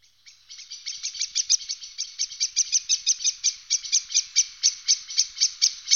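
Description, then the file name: Common blackbird repeating a sharp note many times in quick, steady succession. "turdus merula"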